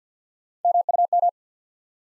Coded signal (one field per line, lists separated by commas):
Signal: Morse code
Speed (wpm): 50 wpm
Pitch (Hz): 700 Hz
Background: none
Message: M U M